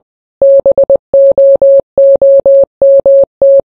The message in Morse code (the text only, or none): BOOMT